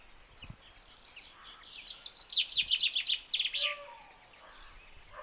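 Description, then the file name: Common chaffinch song: a rapid series of bright notes tumbling downward in pitch, closing with a sharp flourish, over faint background hiss. "Fringilla coelebs"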